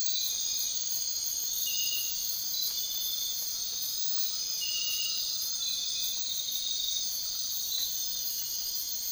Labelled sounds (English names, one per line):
none